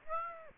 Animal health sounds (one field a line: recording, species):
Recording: mosquito wingbeat signal from an infrared sensor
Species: Aedes aegypti